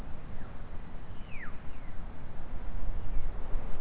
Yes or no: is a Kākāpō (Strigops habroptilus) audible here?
no